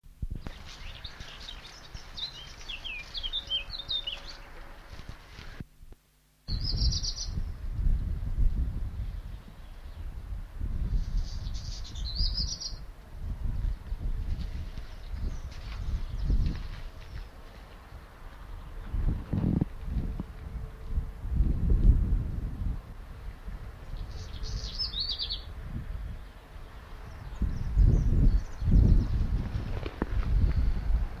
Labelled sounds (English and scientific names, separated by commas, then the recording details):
Black Redstart (Phoenicurus ochruros) song
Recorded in the wild
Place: Wachau, AT
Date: 1989-06-16 11:41
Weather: after rainfall, 14°C
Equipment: Sony WM-D6C, Kopie Tesla B 116
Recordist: Tembrock, Günter
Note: Gesang. In Dürnstein (Ruine)